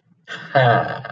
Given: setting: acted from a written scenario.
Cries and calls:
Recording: vocal sound without words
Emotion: amusement

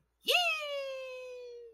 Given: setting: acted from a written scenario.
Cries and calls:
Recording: vocal sound without words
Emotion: triumph

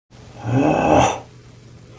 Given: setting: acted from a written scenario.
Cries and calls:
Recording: vocal sound without words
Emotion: anger

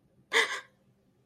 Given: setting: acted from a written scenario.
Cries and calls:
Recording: vocal sound without words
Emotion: fear

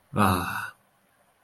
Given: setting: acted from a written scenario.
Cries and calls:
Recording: vocal sound without words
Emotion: relief

